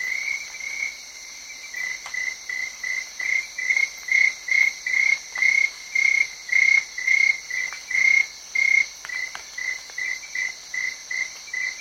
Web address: BBC Africa Cameroon. atmosphere with crickets tree frogs and rain on big leaves just south of yaounde